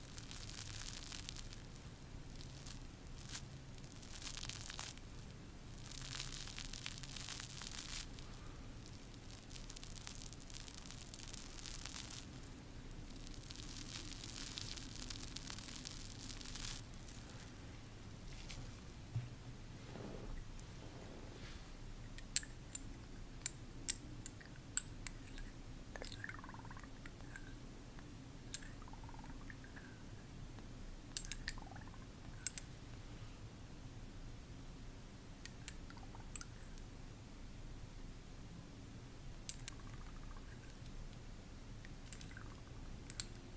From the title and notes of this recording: ASMR Sleep Inducing Skin Care ASMR Lofi (No Talking).